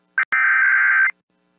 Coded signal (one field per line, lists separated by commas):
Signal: Emergency Alert System (SAME) tones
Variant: header bursts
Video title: Main Hanford Stations is Back From Offline (EAS #20276-20307) 7/9/24